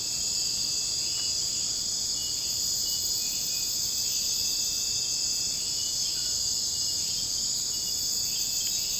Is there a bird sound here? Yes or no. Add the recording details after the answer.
no. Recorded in secondary vegetation near Puerto Asís, Putumayo, Colombia, on 21 March 2025 at 02:00. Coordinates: 0.502, -76.326. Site G100